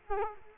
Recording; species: mosquito wingbeat signal from an infrared sensor; Culex quinquefasciatus